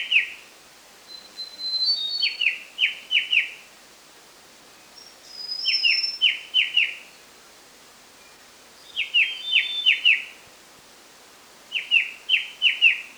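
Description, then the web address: White-browed shrike-babbler giving bursts of quick downslurred chipping notes, each burst a few seconds apart, with fainter high thin notes between. Recorded 1 March 2008. "20080301. sound white-browed shrike-babbler"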